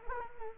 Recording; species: mosquito wingbeat signal from an infrared sensor; Culex quinquefasciatus